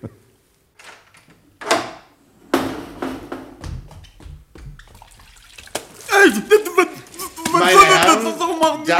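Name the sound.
door being opened quietly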